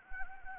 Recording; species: mosquito wingbeat signal from an infrared sensor; Anopheles gambiae